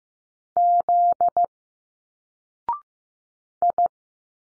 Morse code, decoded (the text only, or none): Z I